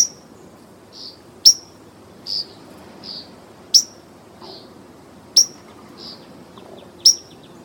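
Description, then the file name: Northern rough-winged swallow giving several short, rough buzzy calls, interspersed with sharper, higher clicking notes, over a quiet background. "Northern Rough-winged Swallow - Stelgidopteryx serripennis"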